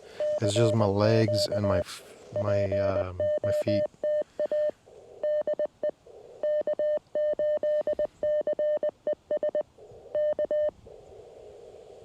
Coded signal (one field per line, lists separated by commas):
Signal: Morse code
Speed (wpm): 20 wpm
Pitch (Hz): 600 Hz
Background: speech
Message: CQ POTA DE K8CES K